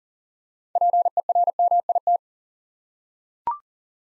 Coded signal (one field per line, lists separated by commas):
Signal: Morse code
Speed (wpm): 40 wpm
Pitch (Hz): 700 Hz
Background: none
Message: PERMIT